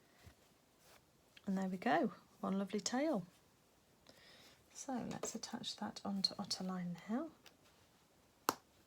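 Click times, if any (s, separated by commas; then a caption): 8.5 s. Someone talks while attaching the finished fabric tail of a sewn otter toy to the back of its body, apparently with a press-stud snap that is pushed together. After the talking stops, a sharp click sounds at 8.5 s as the snap closes and the tail sits on the back.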